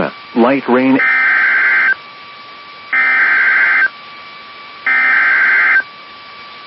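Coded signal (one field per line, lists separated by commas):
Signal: Emergency Alert System (SAME) tones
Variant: header bursts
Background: speech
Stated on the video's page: EAS alerts, mostly Severe Thunderstorm and some Tornado Warnings, from a line of nighttime storms, with the weather radio transmitter under routine maintenance.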